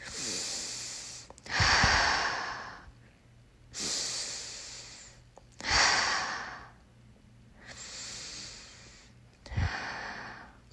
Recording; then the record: deep breathing after running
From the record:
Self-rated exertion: moderate exertion (3 of 6); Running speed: 5 miles an hour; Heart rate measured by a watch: 104 beats a minute at the start, 106 at the end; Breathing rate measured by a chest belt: 17 breaths a minute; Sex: male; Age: 25 years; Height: 174 cm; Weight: 71 kg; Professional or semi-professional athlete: no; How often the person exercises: 3 to 5 times a week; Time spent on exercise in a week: 2 to 3 hours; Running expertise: no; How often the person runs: 1 to 2 times a week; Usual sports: running, swimming, badminton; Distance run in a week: 8 km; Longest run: 10 km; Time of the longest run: 48 minutes